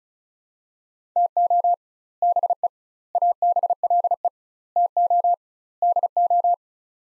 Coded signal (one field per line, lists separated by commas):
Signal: Morse code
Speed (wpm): 36 wpm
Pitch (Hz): 700 Hz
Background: none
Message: TO BE ABLE TO DO